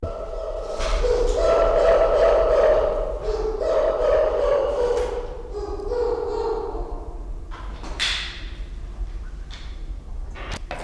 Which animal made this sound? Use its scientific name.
Berenicornis comatus